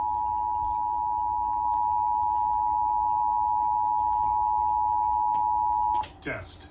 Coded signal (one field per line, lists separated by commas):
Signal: Emergency Alert System (SAME) tones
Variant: 853 and 960 Hz attention tone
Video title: Pennsylvania Required Monthly Test on WDPN-TV 2 (February 17, 2022) (EAS #360)